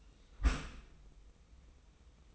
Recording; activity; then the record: daily activity, microphone in the room; close dishwasher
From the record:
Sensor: 1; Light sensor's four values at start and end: 25/59/25/27 and 25/59/25/27